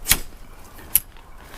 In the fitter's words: okay just grab a pole slide these out until they click in place just like that